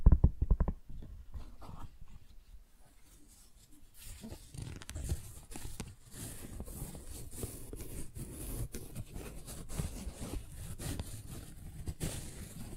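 Tingly flower sounds: soft rustling and rubbing of petals and stems. A few sharp taps open the first second, then a quiet stretch of low handling until about four seconds, after which a denser, brighter crinkle continues steadily with small scratchy bursts to the end.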